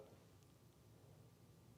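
A half razor blade, metal, is lined up with the notches of a straight razor holder before being pressed home. Only a quiet, low handling rumble is heard. The blade has not snapped in yet.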